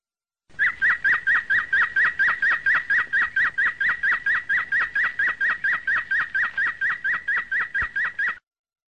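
Domestic canary song: an unbroken, rapid train of identical sharp chirps, evenly spaced and loud from start to finish.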